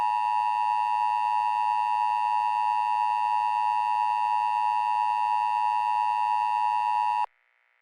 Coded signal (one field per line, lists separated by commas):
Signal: Emergency Alert System (SAME) tones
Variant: 853 and 960 Hz attention tone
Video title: EAS SCENARIO - THE UNFORTUNATE: PART 2